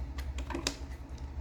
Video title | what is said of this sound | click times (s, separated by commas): Abrindo e Consertando Mini Compressor de Ar que não aciona | aqui, ó. Pronto, encaixou certinho. | 0.7 s